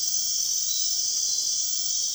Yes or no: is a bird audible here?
no